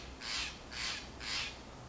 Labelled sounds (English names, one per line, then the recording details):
Steller's Jay
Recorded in Sonoma County, California